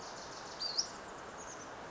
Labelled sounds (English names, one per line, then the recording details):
Oak Titmouse
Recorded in Sonoma County, California